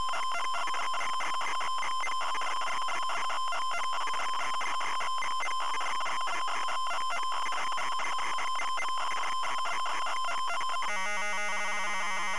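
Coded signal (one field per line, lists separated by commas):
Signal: ZX Spectrum tape loading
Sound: continuous harsh buzzing, rapidly switching data screech with a changed texture near the end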